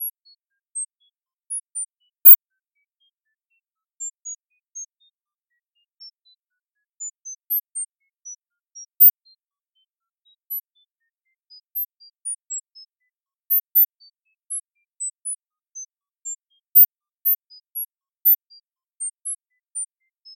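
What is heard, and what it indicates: Quiet, scattered, brief high-pitched tone pips at random pitches, all above about 4 kHz, a synthetic sound-therapy stimulus for hyperacusis, at the 0 dB level.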